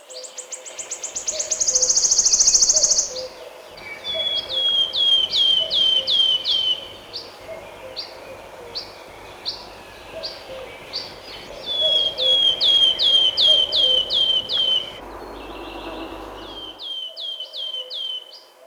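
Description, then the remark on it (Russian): Wood warbler song, repeated several times: a run of high, thin ticking notes that speed up into a dry, shivering rattling trill, clear over a soft background hiss with no talking. “Вернее, за трескучую трель, которой она песню заканчивает.”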